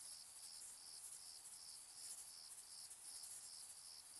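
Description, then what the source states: Cricket chorus of shrill high chirps repeating at a brisk steady rate, with a constant high hiss beneath. Distant crickets in summer fields during evening and night; shrill, high-frequency, flat night ambience.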